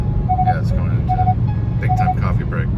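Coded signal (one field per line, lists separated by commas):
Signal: none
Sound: car's driver-assist warning beeps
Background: speech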